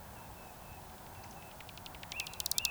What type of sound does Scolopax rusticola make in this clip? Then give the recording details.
whistle. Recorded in Baden-Württemberg, Germany, on 26 June 2021 at 19:56 UTC. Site 45499, 200 m above sea level